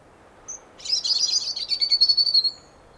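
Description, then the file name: European robin singing a high, thin phrase that opens with a pure whistled note, then a rapid twittering of sharp, tumbling notes. "Erithacus rubecula"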